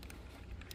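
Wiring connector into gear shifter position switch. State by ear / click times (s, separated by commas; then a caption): not seated / none. An electrical connector is being pushed onto the gear shifter position switch, part KDY0-46-040, on a 2014 (2013) Mazda CX-5, after its locking tab was pressed down with a butter knife. Over a steady low rumble, a few faint handling ticks are heard near 0.0, 0.1, 0.6 and 0.7 seconds. The connector has not seated or clicked yet.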